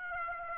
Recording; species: mosquito wingbeat signal from an infrared sensor; Aedes aegypti